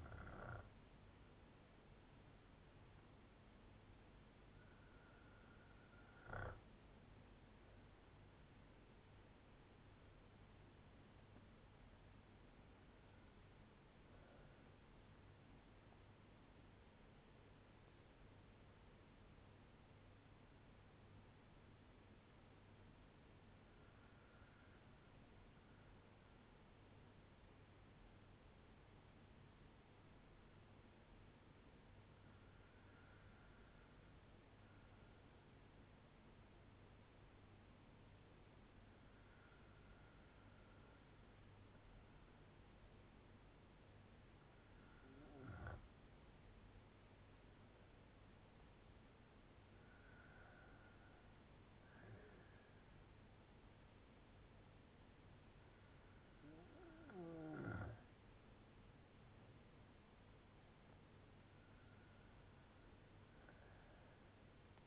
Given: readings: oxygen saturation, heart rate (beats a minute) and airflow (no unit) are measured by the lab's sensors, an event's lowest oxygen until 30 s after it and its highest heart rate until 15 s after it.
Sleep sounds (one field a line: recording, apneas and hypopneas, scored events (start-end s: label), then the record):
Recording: breathing in sleep by a voice recorder at the bedside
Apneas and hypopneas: 1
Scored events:
18.00-46.00 s: hypopnea (N1, oxygen 96% highest, then 93% lowest, heart rate 55 at the start, 60 highest)
60.00-64.87 s: new sleep stage, N2 (light sleep)
From the record:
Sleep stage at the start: N1 (lightest sleep)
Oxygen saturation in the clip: 94 to 96%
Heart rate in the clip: 55 to 60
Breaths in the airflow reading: 10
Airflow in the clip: -5.3 to 6.2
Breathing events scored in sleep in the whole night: 182 in 7.4 hours asleep